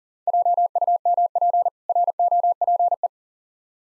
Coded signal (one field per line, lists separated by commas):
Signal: Morse code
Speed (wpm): 40 wpm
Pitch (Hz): 700 Hz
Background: none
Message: JUMP ROPE